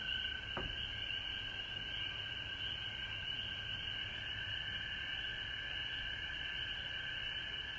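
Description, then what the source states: Frog chorus of overlapping trilled calls holding a steady high drone, with a single sharp click near the start and a faint background hum. Recorded at home in Georgia on March 19, 2020.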